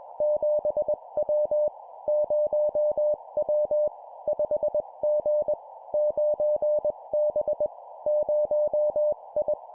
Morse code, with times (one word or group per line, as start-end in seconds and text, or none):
0.2-1.7 7W
2.1-3.9 0W
4.3-5.5 5G
5.9-7.7 9B
8.1-9.5 0I